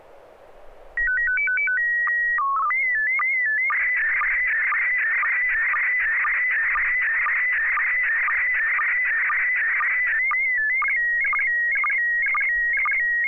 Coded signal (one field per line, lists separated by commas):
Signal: SSTV (slow-scan television)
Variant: PD 120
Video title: N6NA SSTV Net - 06/09/2021